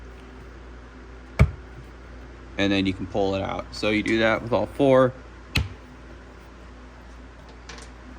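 An upside-down metal shelf support clip on the interior wall of a Winchester TS20-30 gun safe is pressed down firmly until it clicks loose at 1.4 s, then it is pulled out. Someone talks from about 2.6 s to 5.3 s, a second sharp snap comes at 5.6 s, and a faint tap follows near 7.7 s. The clip is released.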